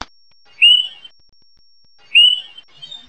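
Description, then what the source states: Swainson's thrush flight calls: two short, clear, slightly rising whistled notes about a second and a half apart, otherwise quiet. Nocturnal flight call.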